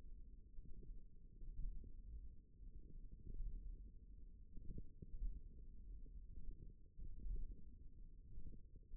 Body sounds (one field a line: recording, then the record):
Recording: forearm muscle sounds (acoustic myography)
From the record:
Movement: hand closing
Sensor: system 1, eight BSWA MPA416 microphones around the upper forearm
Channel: 1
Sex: female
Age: 21 years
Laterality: right